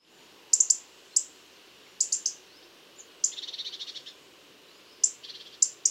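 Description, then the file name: European robin calls, high sharp ticks in quick groups, with short rapid rattling runs of lower ticking notes in the middle and near the end. "Erithacus rubecula"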